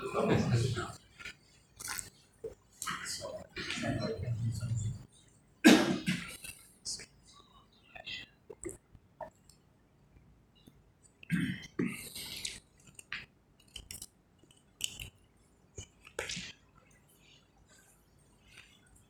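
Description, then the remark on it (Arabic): Someone drinks water with a series of wet sips, gulps and swallows, broken by short pauses, a cough-like throat clear and soft clinks, with no talking over it. “اسمحوا لي أشرب ماء.”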